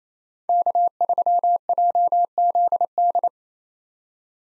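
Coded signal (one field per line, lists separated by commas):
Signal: Morse code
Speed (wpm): 27 wpm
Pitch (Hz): 700 Hz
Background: none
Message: K3JZD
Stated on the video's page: Morse practice drill of common SOTA chaser call signs at 28 wpm; each call sent twice for head-copy.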